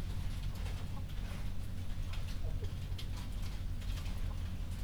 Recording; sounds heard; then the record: poultry house recording; healthy chickens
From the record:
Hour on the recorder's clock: 22